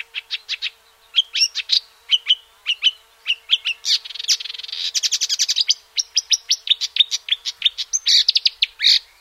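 Marsh warbler song, a rapid run of sharp chirps and clicks that speeds into a dense chattering trill, then returns to varied whistles and harsh notes.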